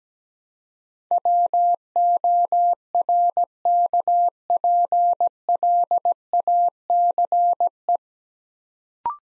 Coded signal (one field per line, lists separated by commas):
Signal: Morse code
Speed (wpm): 17 wpm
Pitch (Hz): 700 Hz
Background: none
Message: WORKPLACE